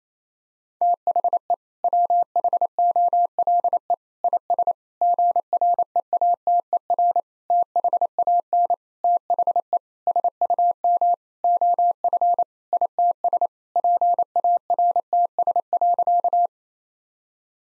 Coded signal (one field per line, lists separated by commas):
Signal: Morse code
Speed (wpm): 28 wpm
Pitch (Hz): 700 Hz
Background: none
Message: THE WHOLE IS GREATER THAN THE SUM OF ITS PARTS.